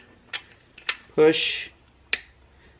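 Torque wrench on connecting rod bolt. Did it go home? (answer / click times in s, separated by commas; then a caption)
yes / 2.1 s. A click-type torque wrench tightens the second connecting rod cap bolt until it reaches torque. A few faint ticks come first while someone talks, and then the wrench gives a sharp click at 2.1 s, confirming the bolt is torqued.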